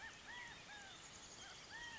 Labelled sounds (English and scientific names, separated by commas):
California Quail (Callipepla californica)